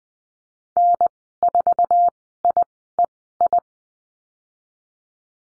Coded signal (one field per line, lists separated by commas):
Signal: Morse code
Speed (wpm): 20 wpm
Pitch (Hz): 700 Hz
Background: none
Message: N4IEI